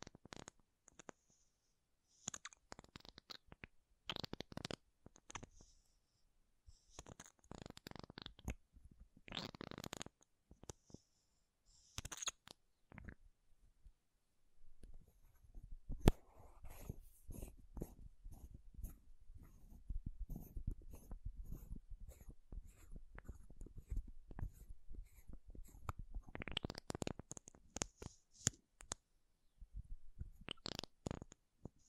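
Makeup items are tapped and scratched in bursts of dry clicks and rasping strokes. The first fifteen seconds bring sharp, separated taps and brief swishes. After that comes denser, lower scratching with quick ticks, one hard knock near sixteen seconds, and a longer swish around twenty-six seconds.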